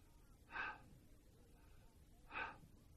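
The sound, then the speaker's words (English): Two sharp, airy inhalations about two seconds apart, each a brief breathy hiss rising out of a quiet, low background hum, with no talking in between. “They obeyed because they simply breathed in like this.”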